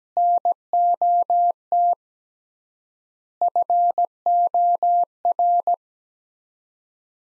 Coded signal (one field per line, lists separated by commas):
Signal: Morse code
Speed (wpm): 17 wpm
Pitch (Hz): 700 Hz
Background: none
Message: NOT FOR